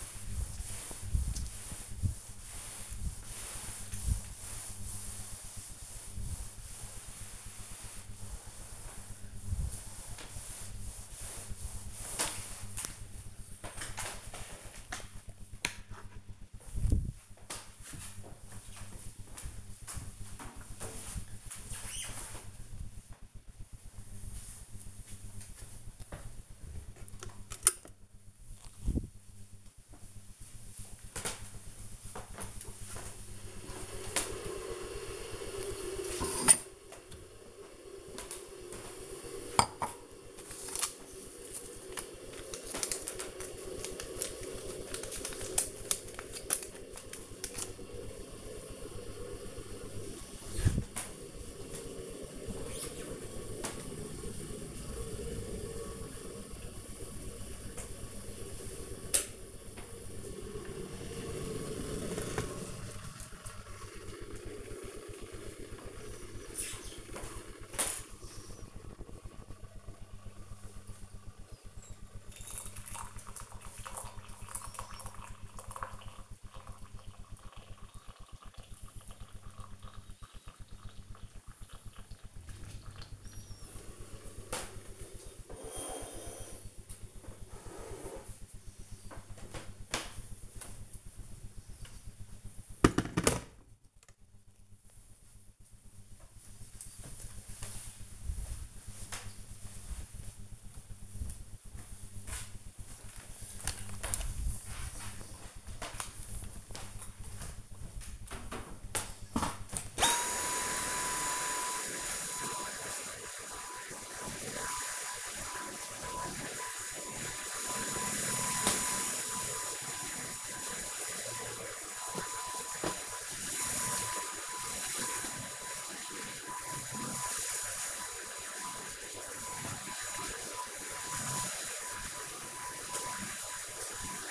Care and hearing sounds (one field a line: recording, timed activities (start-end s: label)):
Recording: household activities, microphone on the right wrist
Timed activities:
0.00-14.66 s: floor cleaning
26.78-93.27 s: making tea
104.34-134.31 s: vacuum cleaning